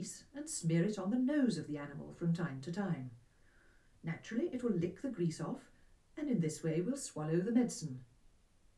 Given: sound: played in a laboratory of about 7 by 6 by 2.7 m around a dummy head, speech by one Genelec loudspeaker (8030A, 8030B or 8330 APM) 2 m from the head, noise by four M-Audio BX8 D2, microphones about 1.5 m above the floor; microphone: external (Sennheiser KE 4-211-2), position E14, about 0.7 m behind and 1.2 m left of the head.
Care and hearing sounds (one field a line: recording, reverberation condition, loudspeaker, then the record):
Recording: female speech in English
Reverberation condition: low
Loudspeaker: 60 degrees to the right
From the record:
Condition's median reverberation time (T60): about 310 ms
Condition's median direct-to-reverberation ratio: about 3.5 dB